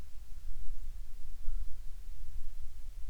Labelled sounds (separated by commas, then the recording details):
bird
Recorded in the Prudhoe Bay oil fields, Alaska, on 10 July 2019 at 14:40
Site 14